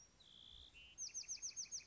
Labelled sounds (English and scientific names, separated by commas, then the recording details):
Bewick's Wren (Thryomanes bewickii)
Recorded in Sonoma County, California